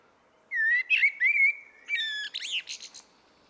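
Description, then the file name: Common blackbird song: a long, smooth warbled whistle rising and falling, followed by a short burst of high, strained twittering notes. "Turdus merula"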